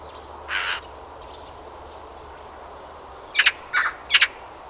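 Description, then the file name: Eurasian magpie harsh calls: one rasping note early, then three short sharp double-pulsed calls close together near the end. "Pica pica"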